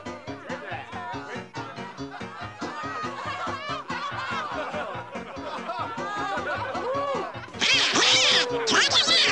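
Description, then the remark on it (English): A voice imitates a duck with rapid, garbled quacking chatter in raspy, high-pitched bursts, rising in agitation, then a loud hissing burst of noise takes over near the end. “Anybody understand what this duck is saying?”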